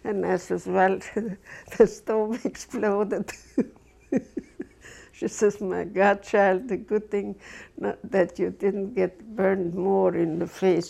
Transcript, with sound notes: And I says, "Well, the stove exploded." (She laughs.) She says, "My God, child it is a good thing that you didn't get burned more in the face."